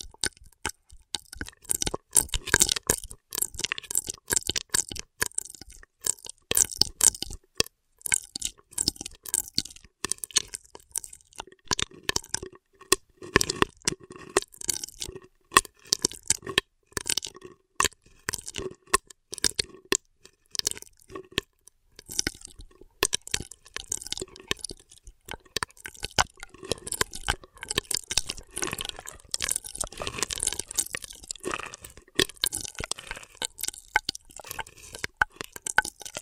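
Intense straw triggers: rapid, crackling taps and crinkles packed densely across the whole stretch, with few gaps. The sounds are bright and crisp, with a faint low hum beneath and bursts that swell and thin unevenly, a bit like crunching.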